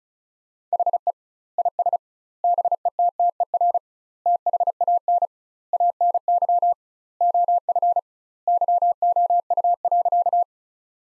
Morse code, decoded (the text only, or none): HE IS BETTER THAN ANY OF YOU.